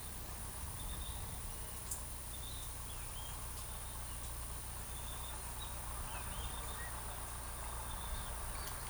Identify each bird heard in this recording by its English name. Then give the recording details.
none. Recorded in forest near Pivijay, Magdalena, Colombia, on 17 April 2023 at 17:00. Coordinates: 10.467, -74.380. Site Z5-G034